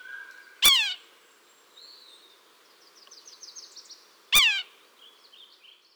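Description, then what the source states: Red-breasted Sapsucker giving two strong, nasal, descending squeals nearly four seconds apart, with soft twittering and chatter in the background. Played-back recording; a call commonly heard from this woodpecker besides its tapping.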